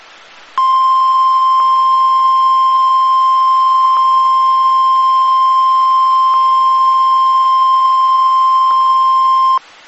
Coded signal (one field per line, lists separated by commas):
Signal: Emergency Alert System (SAME) tones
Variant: 1050 Hz attention tone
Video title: 1 Week Prior from the 2022 Tsunami Communications Drill RWTs (EAS #1031-#1039)